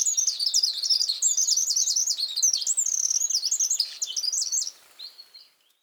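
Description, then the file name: Eurasian wren delivering a rapid, piercing stream of high notes and trills that ends in a quieter fading phrase. "Troglodytes troglodytes"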